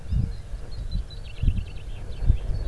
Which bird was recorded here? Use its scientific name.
Fringilla coelebs